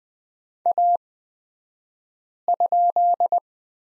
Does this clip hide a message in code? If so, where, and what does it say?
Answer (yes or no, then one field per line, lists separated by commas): yes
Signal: Morse code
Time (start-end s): 0.7-3.4 s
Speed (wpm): 20 wpm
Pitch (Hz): 700 Hz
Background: none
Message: A?